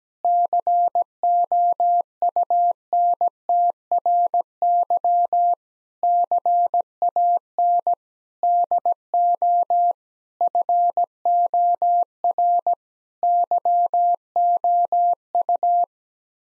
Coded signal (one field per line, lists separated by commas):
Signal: Morse code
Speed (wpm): 17 wpm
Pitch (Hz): 700 Hz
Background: none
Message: COUNTRY CAN DO FOR YOU